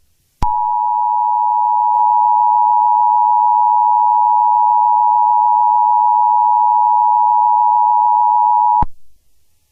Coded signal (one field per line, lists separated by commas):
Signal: Emergency Alert System (SAME) tones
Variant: 853 and 960 Hz attention tone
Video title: EAS Scenario #7: Light's Rampage pt 1: The Beginning